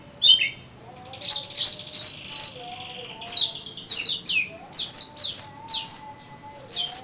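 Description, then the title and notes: Oriental magpie-robin song: loud whistled and harsh notes in irregular bursts, some sliding downward, over a faint steady high tone and quieter background chirps. "suara kacer. kumpulan suara burung kacer"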